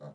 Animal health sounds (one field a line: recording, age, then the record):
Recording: pig call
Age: piglet (1 to 25 days)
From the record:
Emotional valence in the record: negative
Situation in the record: short isolation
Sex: female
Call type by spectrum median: low-frequency call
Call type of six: low-frequency stable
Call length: 0.15 s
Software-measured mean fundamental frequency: 50 Hz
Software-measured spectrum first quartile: 160 Hz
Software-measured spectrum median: 375 Hz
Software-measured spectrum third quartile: 629 Hz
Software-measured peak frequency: 520 Hz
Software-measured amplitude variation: 110 dB a second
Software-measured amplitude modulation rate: 9.7 a second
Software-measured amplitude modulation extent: 11.3 dB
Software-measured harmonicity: 1.9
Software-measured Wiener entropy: 0.05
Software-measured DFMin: 1080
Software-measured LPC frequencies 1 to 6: 564, 4070, 5500, 7091, 7948, 9697 Hz